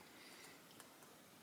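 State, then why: Not seated. Two laser-cut wooden box-joint pieces, cut with a 0.1 outward kerf offset, are turned to the correct orientation and handled as a finger is lined up with its mating piece, making soft, steady handling noise with a brief sharp tap at 0.8 s. Nothing has seated or clicked together yet; the joint is not yet home.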